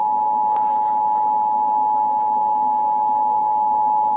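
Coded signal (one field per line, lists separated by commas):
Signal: Emergency Alert System (SAME) tones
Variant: 853 and 960 Hz attention tone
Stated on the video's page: Fictional scenario alert for a tornado watch.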